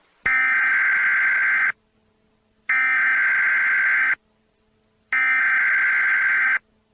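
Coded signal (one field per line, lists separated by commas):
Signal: Emergency Alert System (SAME) tones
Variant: header bursts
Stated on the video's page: Mock EAS alert, not a real activation.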